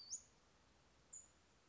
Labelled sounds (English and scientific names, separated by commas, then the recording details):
Western Flycatcher (Empidonax difficilis)
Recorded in Sonoma County, California